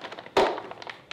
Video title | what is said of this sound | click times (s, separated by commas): INSTRUCTIONS: How to setup your first brew | gripping the bag and just squeeze them close give here a nice click and then same with the top valve go | 0.4 s